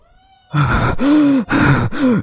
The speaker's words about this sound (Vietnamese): Hãy không dừng lại mà nhắm theo con đường về nhà, chạy trối chết cho đến khi anh đột ngột dừng lại hổn hển.